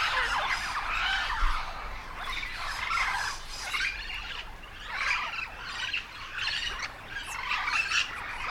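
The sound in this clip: Yellow-shouldered parrot giving rough, scratchy squawks in repeated clusters, running together into a noisy, rolling stream.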